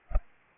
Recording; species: mosquito wingbeat signal from an infrared sensor; Anopheles arabiensis